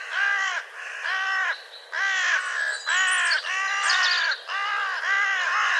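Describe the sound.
Bird calling with loud, drawn-out caws, about six in a row, each with a rising-then-falling arch, with a brief higher squeak between.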